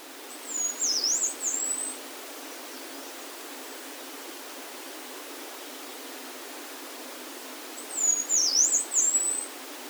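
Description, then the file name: Yellow-browed warbler calls, two high wavering notes near the start and two more near the end, with long quiet hiss between them. Voice, recorded at Norikura on 23 June 2021. "kimayumushikui norikura ijima"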